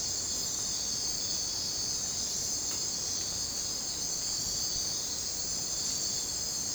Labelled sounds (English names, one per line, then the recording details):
none
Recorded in dense forest near Puerto Asís, Putumayo, Colombia, on 22 December 2024 at 02:30
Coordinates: 0.466, -76.327
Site G075